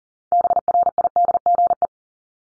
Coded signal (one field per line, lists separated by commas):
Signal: Morse code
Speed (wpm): 40 wpm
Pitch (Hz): 700 Hz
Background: none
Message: BRIDGE